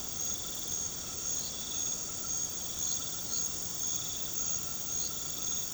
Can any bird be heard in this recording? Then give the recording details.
no. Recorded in pastures near Puerto Asís, Putumayo, Colombia, on 13 March 2025 at 20:30. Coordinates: 0.486, -76.323. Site G075